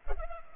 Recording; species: mosquito wingbeat signal from an infrared sensor; Culex pipiens